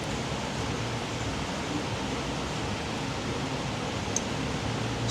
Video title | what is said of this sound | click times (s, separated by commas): Engine Disabled! Melted Wiring Harness! Dodge Dakota 3.7 | slide that in it clicks into place you guys hear the click | 4.2 s